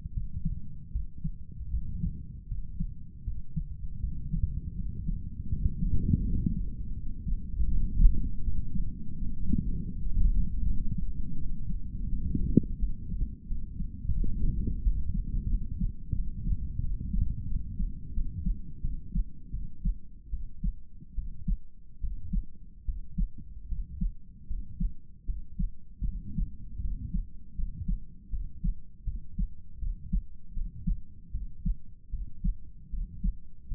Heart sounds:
heart sounds by stethoscope; 80 bpm
0.13 s: heartbeat
0.92 s: heartbeat
1.70 s: heartbeat
2.48 s: heartbeat
3.24 s: heartbeat
4.00 s: heartbeat
4.75 s: heartbeat
5.49 s: heartbeat
6.22 s: heartbeat
6.94 s: heartbeat
7.68 s: heartbeat
8.43 s: heartbeat
9.18 s: heartbeat
9.92 s: heartbeat
10.65 s: heartbeat
11.37 s: heartbeat
12.09 s: heartbeat
12.79 s: heartbeat
13.47 s: heartbeat
14.15 s: heartbeat
14.82 s: heartbeat
15.49 s: heartbeat
16.15 s: heartbeat
16.81 s: heartbeat
17.47 s: heartbeat
18.13 s: heartbeat
18.81 s: heartbeat
19.51 s: heartbeat
20.30 s: heartbeat
21.15 s: heartbeat
22.00 s: heartbeat
22.85 s: heartbeat
23.68 s: heartbeat
24.47 s: heartbeat
25.25 s: heartbeat
26.04 s: heartbeat
26.81 s: heartbeat
27.55 s: heartbeat
28.30 s: heartbeat
29.04 s: heartbeat
29.79 s: heartbeat
30.53 s: heartbeat
31.32 s: heartbeat
32.10 s: heartbeat
32.90 s: heartbeat
33.68 s: heartbeat
From the record:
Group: healthy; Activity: rest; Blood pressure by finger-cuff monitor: 102/57 mmHg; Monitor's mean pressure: 70 mmHg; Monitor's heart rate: 81 bpm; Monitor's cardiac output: 8.1 L/min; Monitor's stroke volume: 99 mL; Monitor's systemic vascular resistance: 630 dyn s/cm5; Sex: male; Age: 35 years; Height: 180 cm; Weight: 86.9 kg

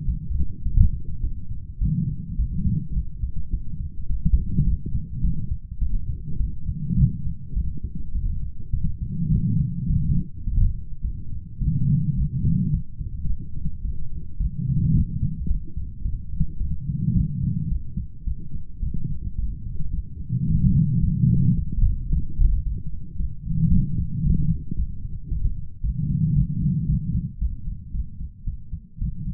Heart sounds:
heart sounds by stethoscope; 108 bpm
0.05 s: heartbeat
0.63 s: heartbeat
1.20 s: heartbeat
1.78 s: heartbeat
2.36 s: heartbeat
2.93 s: heartbeat
3.50 s: heartbeat
4.07 s: heartbeat
4.64 s: heartbeat
5.21 s: heartbeat
5.78 s: heartbeat
6.37 s: heartbeat
6.95 s: heartbeat
7.53 s: heartbeat
8.12 s: heartbeat
8.70 s: heartbeat
9.29 s: heartbeat
9.86 s: heartbeat
10.44 s: heartbeat
11.01 s: heartbeat
11.58 s: heartbeat
12.14 s: heartbeat
12.70 s: heartbeat
13.26 s: heartbeat
13.82 s: heartbeat
14.37 s: heartbeat
14.92 s: heartbeat
15.47 s: heartbeat
16.02 s: heartbeat
16.57 s: heartbeat
17.13 s: heartbeat
17.68 s: heartbeat
18.24 s: heartbeat
18.79 s: heartbeat
19.35 s: heartbeat
19.91 s: heartbeat
20.46 s: heartbeat
21.00 s: heartbeat
21.54 s: heartbeat
22.09 s: heartbeat
22.63 s: heartbeat
23.17 s: heartbeat
23.70 s: heartbeat
24.22 s: heartbeat
24.75 s: heartbeat
25.28 s: heartbeat
25.81 s: heartbeat
26.33 s: heartbeat
26.85 s: heartbeat
27.38 s: heartbeat
27.91 s: heartbeat
28.44 s: heartbeat
28.98 s: heartbeat
From the record:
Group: healthy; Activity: light exercise 0-26 s, rest 26-29 s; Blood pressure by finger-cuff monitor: 150/79 mmHg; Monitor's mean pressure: 103 mmHg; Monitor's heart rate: 106 bpm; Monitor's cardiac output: 9.8 L/min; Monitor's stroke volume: 93 mL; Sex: female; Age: 32 years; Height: 172 cm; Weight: 71.7 kg

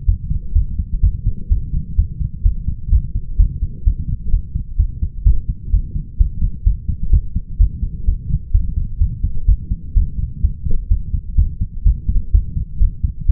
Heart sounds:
heart sounds by stethoscope; 127 bpm
0.06 s: heartbeat
0.54 s: heartbeat
1.02 s: heartbeat
1.49 s: heartbeat
1.97 s: heartbeat
2.43 s: heartbeat
2.91 s: heartbeat
3.38 s: heartbeat
3.85 s: heartbeat
4.31 s: heartbeat
4.78 s: heartbeat
5.24 s: heartbeat
5.72 s: heartbeat
6.18 s: heartbeat
6.64 s: heartbeat
7.11 s: heartbeat
7.59 s: heartbeat
8.06 s: heartbeat
8.52 s: heartbeat
8.99 s: heartbeat
9.47 s: heartbeat
9.95 s: heartbeat
10.42 s: heartbeat
10.89 s: heartbeat
11.36 s: heartbeat
11.84 s: heartbeat
12.32 s: heartbeat
12.80 s: heartbeat
13.27 s: heartbeat
From the record:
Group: healthy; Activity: light exercise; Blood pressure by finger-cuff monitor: 147/78 mmHg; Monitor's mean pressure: 97 mmHg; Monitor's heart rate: 128 bpm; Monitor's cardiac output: 9.1 L/min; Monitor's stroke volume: 71 mL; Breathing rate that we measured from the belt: 29 breaths a minute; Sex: male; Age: 22 years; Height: 181 cm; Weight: 60 kg

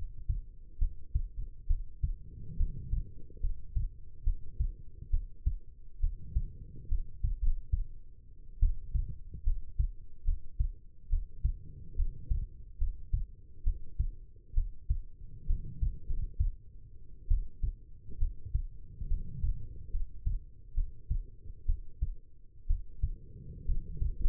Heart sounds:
heart sounds by stethoscope; 69 bpm
0.78 s: heartbeat
1.67 s: heartbeat
2.56 s: heartbeat
3.40 s: heartbeat
4.23 s: heartbeat
5.10 s: heartbeat
6.00 s: heartbeat
6.88 s: heartbeat
7.41 s: heartbeat
8.59 s: heartbeat
9.43 s: heartbeat
10.24 s: heartbeat
11.09 s: heartbeat
11.95 s: heartbeat
12.78 s: heartbeat
13.63 s: heartbeat
14.54 s: heartbeat
15.46 s: heartbeat
16.05 s: heartbeat
17.28 s: heartbeat
18.18 s: heartbeat
19.07 s: heartbeat
19.90 s: heartbeat
20.74 s: heartbeat
21.65 s: heartbeat
22.66 s: heartbeat
23.65 s: heartbeat
24.19 s: heartbeat
From the record:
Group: healthy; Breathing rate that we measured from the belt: 16 breaths a minute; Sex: female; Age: 22 years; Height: 171 cm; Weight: 65.6 kg

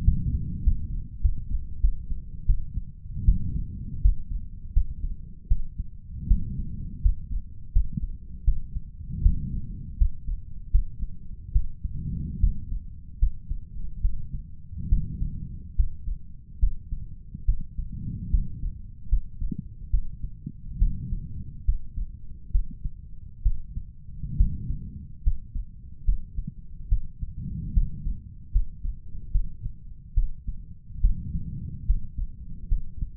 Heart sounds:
heart sounds by stethoscope; 75 bpm
0.05 s: heartbeat
0.64 s: heartbeat
1.22 s: heartbeat
1.81 s: heartbeat
2.46 s: heartbeat
3.25 s: heartbeat
4.02 s: heartbeat
4.73 s: heartbeat
5.48 s: heartbeat
6.28 s: heartbeat
7.02 s: heartbeat
7.73 s: heartbeat
8.45 s: heartbeat
9.22 s: heartbeat
9.98 s: heartbeat
10.71 s: heartbeat
11.53 s: heartbeat
12.40 s: heartbeat
13.19 s: heartbeat
14.01 s: heartbeat
14.89 s: heartbeat
15.76 s: heartbeat
16.60 s: heartbeat
17.45 s: heartbeat
18.31 s: heartbeat
19.09 s: heartbeat
19.90 s: heartbeat
20.79 s: heartbeat
21.65 s: heartbeat
22.52 s: heartbeat
23.43 s: heartbeat
24.37 s: heartbeat
25.23 s: heartbeat
26.05 s: heartbeat
26.89 s: heartbeat
27.74 s: heartbeat
28.52 s: heartbeat
29.32 s: heartbeat
30.14 s: heartbeat
31.01 s: heartbeat
31.86 s: heartbeat
32.68 s: heartbeat
From the record:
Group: healthy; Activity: rest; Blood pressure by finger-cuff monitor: 140/75 mmHg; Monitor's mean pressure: 96 mmHg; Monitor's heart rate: 73 bpm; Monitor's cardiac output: 6.2 L/min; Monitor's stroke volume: 86 mL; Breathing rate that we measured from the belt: 20 breaths a minute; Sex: male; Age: 35 years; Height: 178 cm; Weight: 64 kg

